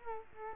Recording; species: mosquito wingbeat signal from an infrared sensor; Culex quinquefasciatus